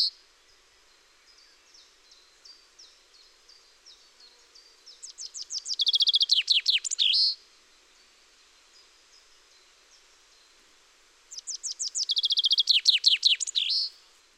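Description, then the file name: Common chaffinch song: faint notes building into a bright, rattling phrase that ends in a quick flourish, then a second such phrase a few seconds later. "Fringilla coelebs"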